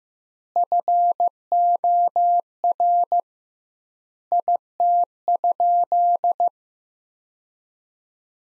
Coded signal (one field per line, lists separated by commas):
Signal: Morse code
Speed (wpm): 15 wpm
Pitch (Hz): 700 Hz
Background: none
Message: FOR IT?